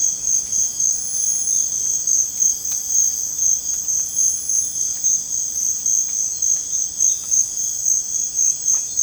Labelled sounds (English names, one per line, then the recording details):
none
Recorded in dense forest near Puerto Asís, Putumayo, Colombia, on 26 December 2024 at 04:30
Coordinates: 0.481, -76.323
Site G100